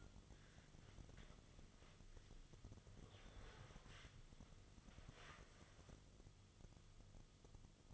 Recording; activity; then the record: daily activity, microphone in the room; wipe stove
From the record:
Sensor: 4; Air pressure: 1005.6 hPa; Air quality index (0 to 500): 109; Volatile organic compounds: 3 ppm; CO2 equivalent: 1363 ppm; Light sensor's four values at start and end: 12/28/11/10 and 12/28/11/10